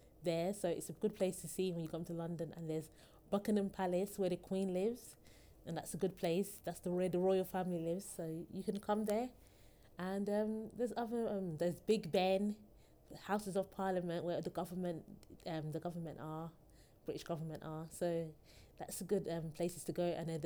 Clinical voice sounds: conversation on a phone call; English; 0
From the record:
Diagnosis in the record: healthy control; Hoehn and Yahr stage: 0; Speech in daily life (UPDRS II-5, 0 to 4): 0

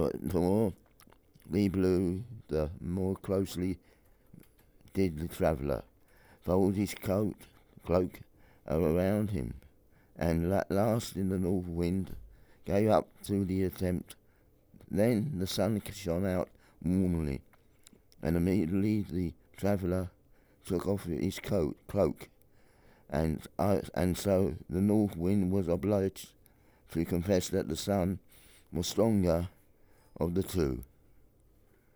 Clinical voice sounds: text read into a phone; English; 1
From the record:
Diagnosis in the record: Parkinson's disease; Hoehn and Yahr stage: 4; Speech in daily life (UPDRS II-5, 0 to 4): 1

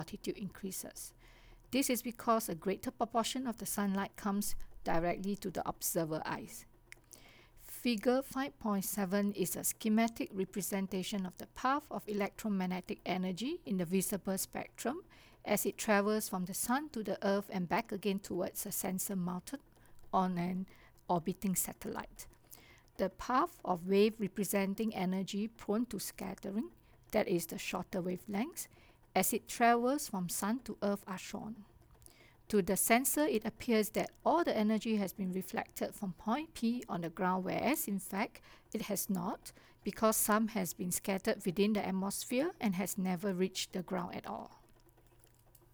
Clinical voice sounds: text read into a phone; English; 0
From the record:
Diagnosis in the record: healthy control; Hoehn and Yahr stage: 0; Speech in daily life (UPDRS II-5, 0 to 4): 0

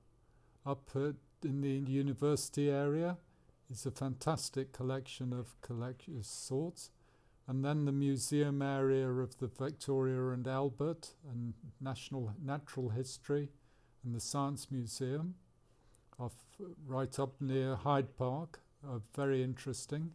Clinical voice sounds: conversation on a phone call; English; 0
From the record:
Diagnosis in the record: Parkinson's disease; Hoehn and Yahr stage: 2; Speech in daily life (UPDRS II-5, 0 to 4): 0

